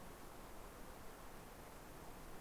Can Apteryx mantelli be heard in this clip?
no